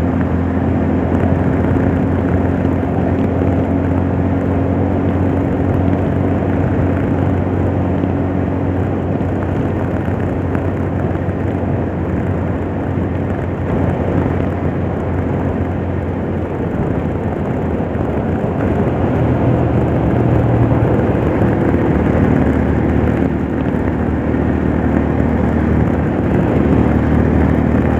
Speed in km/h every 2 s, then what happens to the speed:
92, 95, 94, 95, 96, 94, 94, 91, 87, 80, 78, 78, 80, 80.
0-8 steady at about 95. 8-19 slows to 78. 19-28 steady at about 78.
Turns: none.